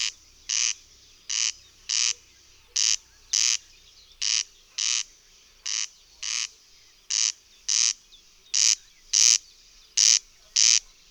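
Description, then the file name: Corn crake rasping repeatedly, its two-part scraping call pulsing in regular pairs throughout, with a faint low rumble early on. "Derkacz"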